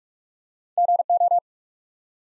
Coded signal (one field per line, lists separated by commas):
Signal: Morse code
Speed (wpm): 44 wpm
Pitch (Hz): 700 Hz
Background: none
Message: G O